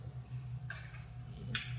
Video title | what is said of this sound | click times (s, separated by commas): FTI Gun Training - Multi-State Handgun CCW Course - Aug 2025 (DC • MD • VA • FL) | Hear it click. | 1.6 s